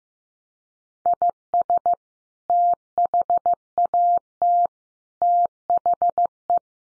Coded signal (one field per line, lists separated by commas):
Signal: Morse code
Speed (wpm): 15 wpm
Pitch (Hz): 700 Hz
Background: none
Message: IS THAT THE